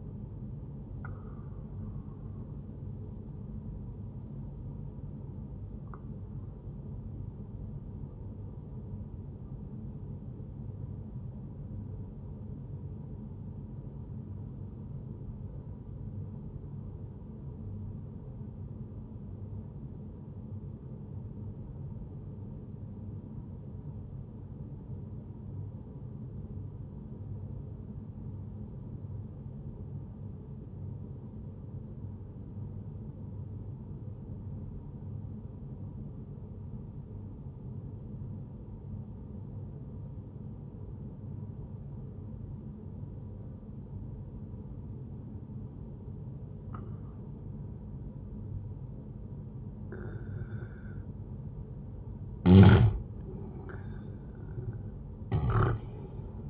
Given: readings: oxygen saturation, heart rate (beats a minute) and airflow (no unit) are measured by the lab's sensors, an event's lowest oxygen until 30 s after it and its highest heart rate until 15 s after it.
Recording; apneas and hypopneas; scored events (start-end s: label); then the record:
breathing in sleep by a smartphone at the bedside; 1
10.00-51.60 s: obstructive apnea (N1, oxygen 97% highest, then 92% lowest, heart rate 60 at the start, 79 highest)
36.00-56.50 s: new sleep stage, N2 (light sleep)
From the record:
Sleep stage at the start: N1 (lightest sleep); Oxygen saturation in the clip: 90 to 97%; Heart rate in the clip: 60 to 77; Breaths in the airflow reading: 1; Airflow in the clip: -4.5 to 11.9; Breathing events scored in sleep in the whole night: 131 in 7.2 hours asleep